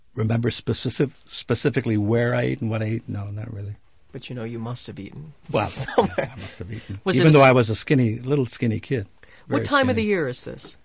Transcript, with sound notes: remember specifically where I ate and what I ate? No, not really.
But you know you must have eaten. ( he laughs )
Even though I was a skinny, a little skinny kid.
What time of the year is this?